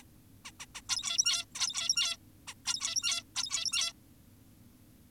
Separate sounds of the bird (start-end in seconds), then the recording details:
0.45-0.52, 0.60-0.66, 0.75-0.82, 0.89-1.45, 1.55-2.17, 2.48-2.54, 2.66-3.23, 3.36-3.93. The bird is an adult. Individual g17y2U